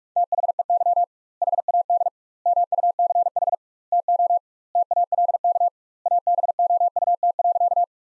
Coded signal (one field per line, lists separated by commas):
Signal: Morse code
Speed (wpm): 41 wpm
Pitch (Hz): 700 Hz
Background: none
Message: THEY HAD MUCH TO TALK ABOUT.